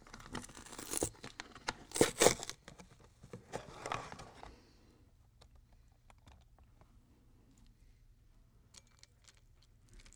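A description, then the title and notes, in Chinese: Someone eats cereal, with loud crunchy bites and crackles clustered in the first five seconds, then near silence with faint rustles. 吃麥片｜Eating Cereal。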